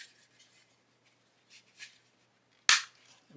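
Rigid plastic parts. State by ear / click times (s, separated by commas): seated / 2.7 s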